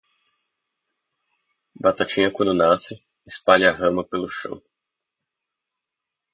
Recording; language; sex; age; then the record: short text; Brazilian Portuguese; male; 20 to 29 years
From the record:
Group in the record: control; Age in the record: 21 years